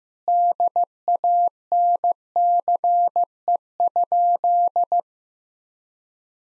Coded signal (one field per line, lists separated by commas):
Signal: Morse code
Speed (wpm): 15 wpm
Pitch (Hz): 700 Hz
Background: none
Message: DANCE?